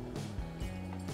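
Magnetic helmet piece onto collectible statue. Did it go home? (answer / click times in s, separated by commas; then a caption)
no / none. A magnetic helmet piece is being handled and fitted toward a collectible resin statue, with soft scraping, rubbing and faint mechanical rattles over a steady low hum. Nothing has seated or clicked yet, and the clip ends just before the piece snaps into place.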